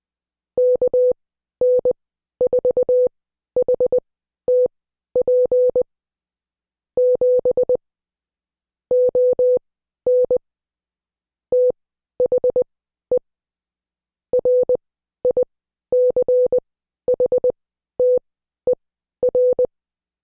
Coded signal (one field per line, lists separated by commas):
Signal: Morse code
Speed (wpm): 20 wpm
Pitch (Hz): 500 Hz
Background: none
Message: KN4HTP 7 ON THE RICHTER